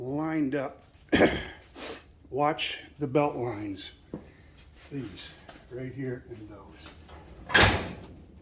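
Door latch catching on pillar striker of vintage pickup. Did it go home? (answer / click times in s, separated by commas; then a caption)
no / none. Someone talks while handling the steel driver door of a 1936 pickup, lined up against its newly positioned pillar and its latch striker, with a few short broadband knocks and rustles between the words. The clip ends before the latch catches, and nothing has seated or clicked yet.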